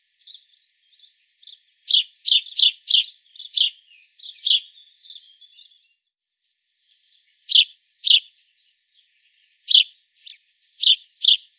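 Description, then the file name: House sparrow chirping, a quick run of loud chirps, then softer twittering and a pause, followed by more paired chirps. "Passer domesticus"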